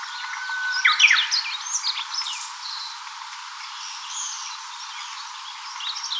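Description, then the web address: Japanese bush warbler song: a long steady whistle followed by a quick flourish, set among busy high twittering from other small birds. "birdenaga uguisu mejiro"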